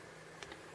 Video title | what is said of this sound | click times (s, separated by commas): TWH 1:50 Scale Manitowoc 4100W Ringer Review | so, and it'll snap right into that little spot right there, if I can get it lined up. Yeah, just like that. | 0.4 s